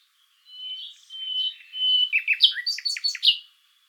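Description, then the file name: Common nightingale song: soft drawn-out whistles, then a quick varied series of sharp chirps and liquid notes. "Luscinia megarhynchos"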